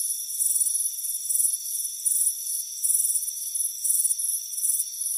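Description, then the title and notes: High crickets chirping in quick pulsed bursts, rising and falling in loudness against a thin steady ringing background. Crickets chirping on a warm afternoon at a front porch. "Soothing Crickets Chirping Sound. It's a warm afternoon as you relax in a hammock on the front porch"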